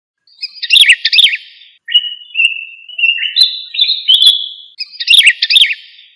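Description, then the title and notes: Songbird singing a varied phrase of sharp high chirps, then a series of thin whistled notes, then the chirpy phrase repeated near the end. Indonesia. "Kicau Burung Indonesia"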